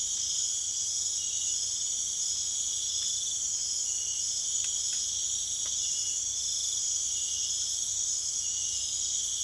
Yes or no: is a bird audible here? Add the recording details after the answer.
no. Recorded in secondary vegetation near Puerto Asís, Putumayo, Colombia, on 29 June 2025. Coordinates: 0.488, -76.319. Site G094